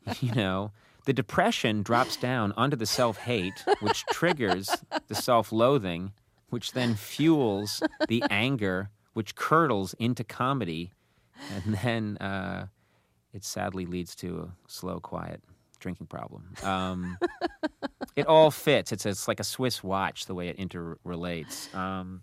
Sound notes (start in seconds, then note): 2.8 laughter; 16.6 laughter